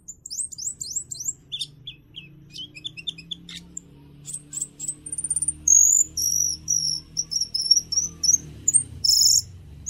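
Bird sounds in short high notes: rapid downslurred whistles at first, then scattered chips and bright trilled phrases that grow louder toward the end.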